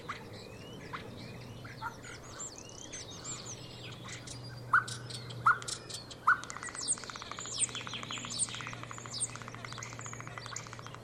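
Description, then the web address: Common starling song, a busy jumble of clicks, rattling buzzes and short whistles, with three loud sharp notes near the middle, over a steady low hum. "Deverinetal 2025 Bird Only St Vu"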